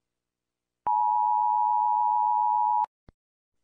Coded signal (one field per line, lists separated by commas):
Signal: Emergency Alert System (SAME) tones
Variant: 853 and 960 Hz attention tone